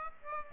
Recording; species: mosquito wingbeat signal from an infrared sensor; Aedes aegypti